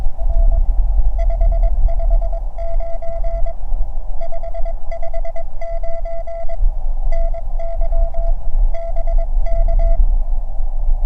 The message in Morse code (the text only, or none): R 559 559 NY BK